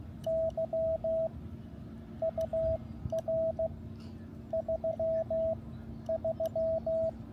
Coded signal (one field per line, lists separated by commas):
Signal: Morse code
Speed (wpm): 16 wpm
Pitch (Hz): 650 Hz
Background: radio noise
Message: YUR 33